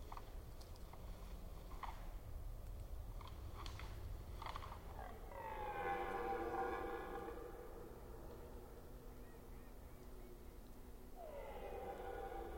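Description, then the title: Red deer roaring: a long, hoarse bellow of about three seconds midway, another starting near the end, and sharp clicks earlier on. Red deer during the rut in the Forêt d'Orléans, France. "hifi soundscape lama. Red Deer Rut - Forêt d'Orleans, France"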